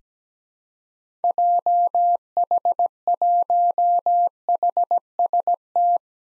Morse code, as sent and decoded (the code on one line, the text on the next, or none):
.--- .... .---- .... ... -
JH1HST